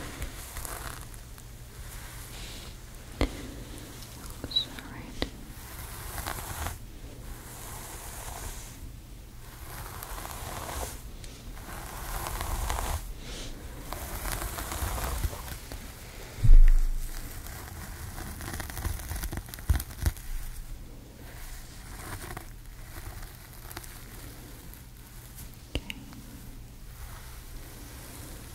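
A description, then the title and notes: Gentle hair styling sounds: soft rustling and crinkling textures come in uneven bursts over a steady low hum. A sharper knock lands around the middle, with a few small clicks and taps scattered afterward, and faint murmuring fades in and out. Gentle Hair Styling. Brushing, Shampoo, Blowdry, Scissors, Flat Iron.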